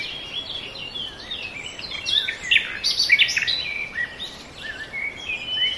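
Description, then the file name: Birds singing in a chorus, with overlapping whistled chirps and short warbling phrases, busiest around the middle, over a steady background hiss. Forest birds. "ASMR Nature Noise - Forest Birds"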